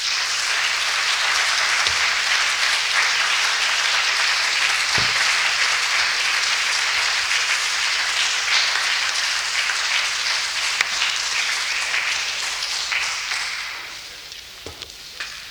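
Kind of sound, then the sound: crowd, audience applause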